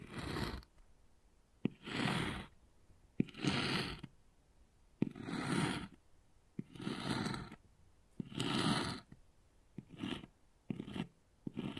Wood Carving, Tapping and Scratching Sounds